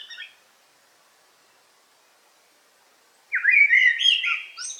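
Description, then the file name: Eurasian blackbird song: a brief fluted note at the start, a long silence, then a loud warbled phrase ending in high squeaky twitters. Recorded in a forest on 8 July 2018. "180708 blackbird forest"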